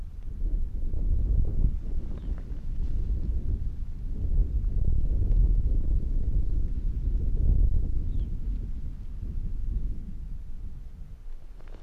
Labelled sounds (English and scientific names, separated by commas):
Arctic Fox (Vulpes lagopus)